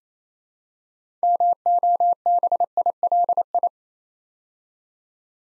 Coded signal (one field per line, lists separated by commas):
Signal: Morse code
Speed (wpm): 29 wpm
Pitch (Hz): 700 Hz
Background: none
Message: MOBILI